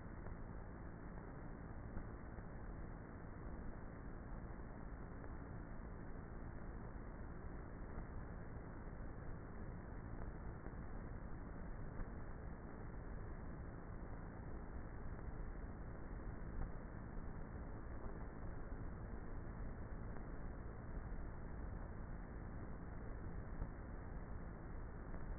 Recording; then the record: honeybee colony, microphone inside the hive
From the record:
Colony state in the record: queenless with a low population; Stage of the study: before two queens were removed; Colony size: about 30,000 bees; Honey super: no